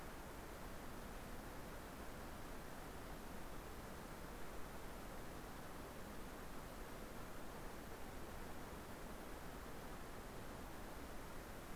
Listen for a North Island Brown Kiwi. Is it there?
no